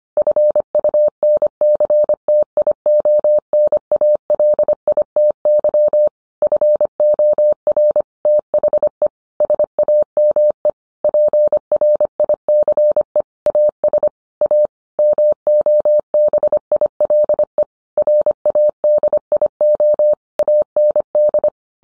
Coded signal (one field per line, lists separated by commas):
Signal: Morse code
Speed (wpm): 25 wpm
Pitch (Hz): 600 Hz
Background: none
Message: FUNCTIONALITY FOR THE SAME PRICE AS A MOBILE RADIO AND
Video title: 20230122 What is the difference between handheld, mobile and a base radio?